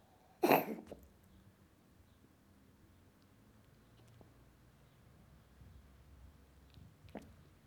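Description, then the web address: Domestic cat with one abrupt, raspy hacking burst at the start, then a long stretch of low background hiss and a faint click near the end. Cat coughing. "The BBC Sound Effects Library (Cats) Cat Coughing"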